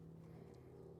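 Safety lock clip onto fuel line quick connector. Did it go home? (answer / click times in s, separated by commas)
no / none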